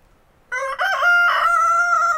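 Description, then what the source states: Chicken (rooster) crowing: after a moment of near silence, one loud cock-a-doodle-doo that breaks off briefly, then holds a long steady final note. Rooster's morning crow at an alpine hut in Val Gronda, Graubünden, Switzerland; rainy and cold, everyone already awake.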